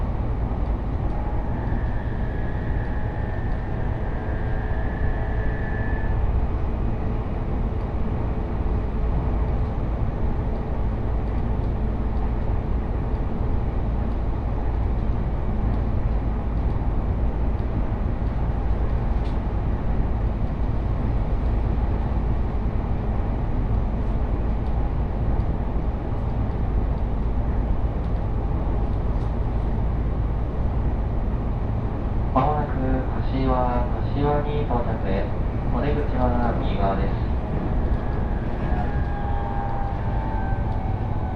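A ride aboard a Joban Line local train from Kita-Senju to Abiko, with a steady low rumble of the moving carriage throughout. Thin whining tones rise and fade near the start and end, and from about 32 to 37 seconds a voice speaks in short bursts over the noise.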